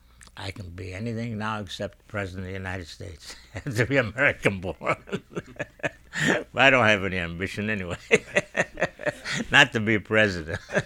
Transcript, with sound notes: I can be anything now except President of the United States. You have to American born. ( he laughs ) But I don't have any ambition anyway. ( he laughs ) Not to be president.